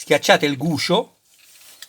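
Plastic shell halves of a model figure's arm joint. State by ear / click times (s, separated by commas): seated / 1.8 s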